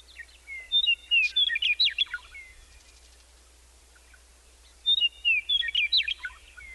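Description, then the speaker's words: Western meadowlark song, two bursts of clear whistles and jumbled notes, separated by a few seconds of quiet. Sings in open grassland downhill from a ponderosa pine savanna on mountain slopes from the Rockies to the Cascades. "Downhill, the trees give way to an open grassland where a western meadowlark sings."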